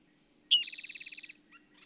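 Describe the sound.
Bird song: a short, high buzzy trill of rapid even pulses, followed by a few faint notes.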